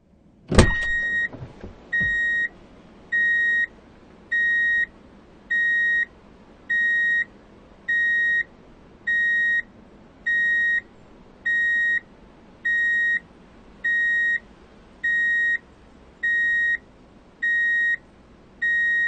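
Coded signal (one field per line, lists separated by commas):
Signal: alarm pattern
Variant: vehicle reversing alarm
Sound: a door-like click, then about 15 evenly spaced high beeps, each roughly 0.7 s long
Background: quiet vehicle background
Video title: 교통수단 소리, Traffic Sound effect, Drive in Reverse Beep Alert, 1분 15초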